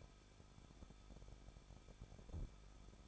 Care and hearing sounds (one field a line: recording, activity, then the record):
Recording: daily activity, microphone in the room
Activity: no activity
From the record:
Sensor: 5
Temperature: 20.8 degrees Celsius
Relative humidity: 38.5%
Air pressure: 1006.5 hPa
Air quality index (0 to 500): 191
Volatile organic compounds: 20 ppm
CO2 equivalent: 2701 ppm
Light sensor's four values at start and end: 2/3/1/1 and 2/3/1/1